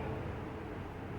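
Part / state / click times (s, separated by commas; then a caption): angle grinder attachment into multi-tool handle body / not seated / none. The angle grinder attachment of a 5-in-1 multipurpose tool kit is handled as it is pushed onto the multi-tool handle body, with a steady low rumbling background and no distinct sharp sounds. The clip ends before the part goes home; nothing has seated or clicked yet.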